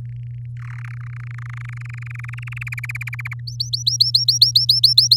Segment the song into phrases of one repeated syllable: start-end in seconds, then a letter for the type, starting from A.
0.05-0.46 A, 0.57-0.89 B, 0.90-2.63 C, 2.67-3.34 D, 3.47-5.16 E